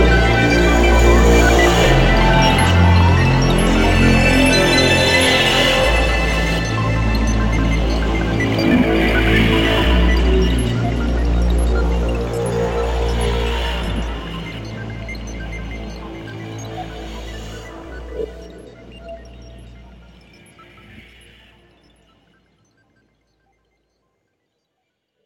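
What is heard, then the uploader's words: An instrumental piece built entirely from water sounds, with deep sustained bass notes under dense layered tones and bright shimmering upper parts. The music gradually thins after about fifteen seconds, fades through a few last soft sounds, and falls silent near twenty-three seconds. All instrumental parts made entirely with water sounds - liquid, ice, and gas form. Including the bass, made from scratched ice.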